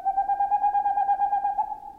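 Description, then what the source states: Boreal Owl song: many rapid, evenly spaced staccato hoots on one steady pitch. Male's song; staccato notes that can continue for more than an hour and carry for more than a mile.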